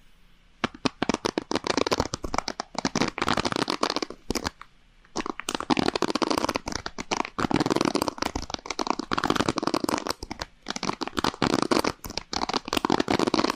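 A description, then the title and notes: Dense crackling and scratchy rustling from ear cleaning, made of rapid irregular clicks and scrapes that reach from low to very bright. The sound comes in busy bursts with brief quiet gaps near four and eleven seconds, with no other sounds behind it. ASMR: LIMPEZA DE OUVIDO | EAR CLEANING. ASMR de encenação fazendo um procedimento de limpeza dos seus ouvidos.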